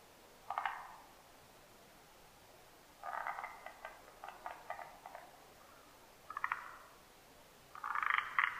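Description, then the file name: Forest green tree frog calling in short bursts of rapid clicking notes, several separate bouts spaced over several seconds with quiet gaps between. Recorded 12 July 2009. "moriaogaeru 20090712"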